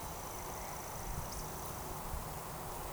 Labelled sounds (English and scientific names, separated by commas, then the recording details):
Eurasian Woodcock (Scolopax rusticola)
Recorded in Baden-Württemberg, Germany, on 13 June 2020 at 19:19 UTC
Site 43791, 788 m above sea level